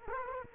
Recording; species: mosquito wingbeat signal from an infrared sensor; Culex quinquefasciatus